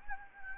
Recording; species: mosquito wingbeat signal from an infrared sensor; Anopheles gambiae